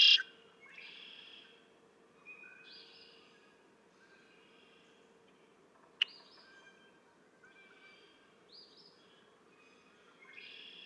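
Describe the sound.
Red-winged blackbird songs, scattered buzzy phrases, with one sharp click near the middle.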